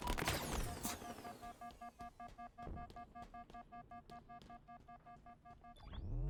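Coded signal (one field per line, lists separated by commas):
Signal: none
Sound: game music beeps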